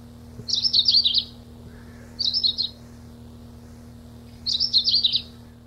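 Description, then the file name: Long-tailed rosefinch: three quick, high warbling bursts of tumbling notes, the middle one shorter, set against a soft steady hum. 26 April 1992. "26 04 92 Uragus"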